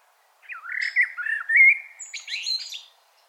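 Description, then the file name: Common blackbird song phrase: smooth, fluty whistled notes sliding up and down, finishing with a higher, chattering squeaky twitter. "Turdus merula"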